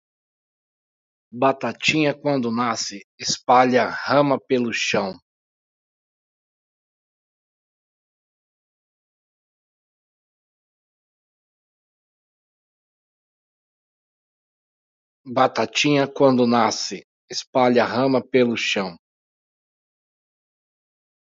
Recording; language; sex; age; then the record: short text; Brazilian Portuguese; male; 40 to 49 years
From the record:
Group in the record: control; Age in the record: 44 years